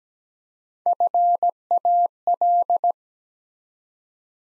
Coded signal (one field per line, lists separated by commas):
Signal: Morse code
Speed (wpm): 17 wpm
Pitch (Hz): 700 Hz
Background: none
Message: FAL